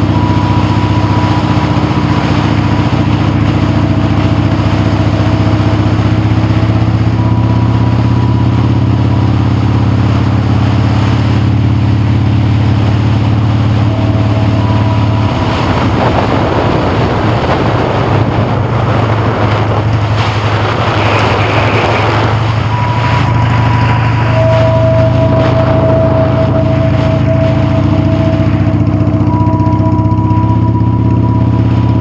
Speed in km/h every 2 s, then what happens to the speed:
40, 40, 42, 44, 48, 55, 52, 47, 37, 31, 23, 34, 32, 27, 27, 39.
0-6 steady at about 40. 6-11 speeds up to 55. 11-19 brakes to 23. 19-28 steady at about 27. 28-30 speeds up to 39.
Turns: 0-8, 13-22.